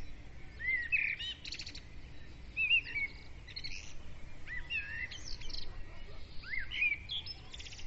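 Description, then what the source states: Birds chirping and trilling, mixing sharp high notes, short rattles and slurred whistles throughout, over low background noise. Dawn chorus of birds, recorded with a ZOOM recorder.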